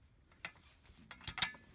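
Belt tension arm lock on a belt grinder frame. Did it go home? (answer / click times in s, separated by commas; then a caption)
released / 1.4 s. On a home-built 13-speed 2x72 belt grinder, the spring-loaded torsion-bar tension arm had been pushed down and locked to slacken the belt, and it is now pulled back to free the lock so the arm springs up and re-tensions the belt. A few light mechanical ticks and rattles build toward a sharp, loud clack at 1.4 s. The tension arm lock is released.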